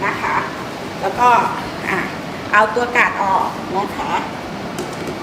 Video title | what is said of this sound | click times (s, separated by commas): วิธีการใช้งานชุดเครื่องมือเจาะตัดกระดูกความเร็วสูงด้วยไฟฟ้า | จากนั้นเราก็ปิดนะคะตัวเฮาซิ่งให้ดังแก๊กนี้นะคะค่ะแล้ว | 4.8 s